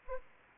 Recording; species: mosquito wingbeat signal from an infrared sensor; Anopheles arabiensis